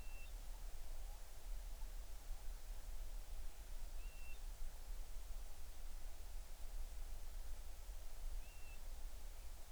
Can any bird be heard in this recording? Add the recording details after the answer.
yes. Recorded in the Arctic National Wildlife Refuge, Alaska, on 20 July 2019 at 02:36. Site 38